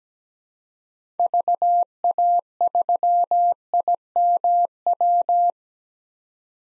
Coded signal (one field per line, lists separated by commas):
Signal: Morse code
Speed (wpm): 17 wpm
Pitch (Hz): 700 Hz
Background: none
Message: VA3IMW